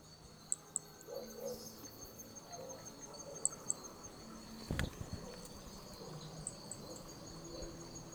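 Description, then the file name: Brachycephalus hermogenesi toadlet calls: very high, thin clicks in twos spaced a few seconds apart, over steady insect hum and one low thump midway. Recorded at Picinguaba; specimen four; several starting notes lost, recording otherwise without interruption. "MHNCI Brachy hermogenesi Picinguaba specimen four several starting notes lost without interruption"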